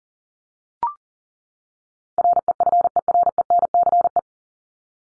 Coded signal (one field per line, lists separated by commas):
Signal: Morse code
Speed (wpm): 39 wpm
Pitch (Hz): 700 Hz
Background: none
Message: REFERENCE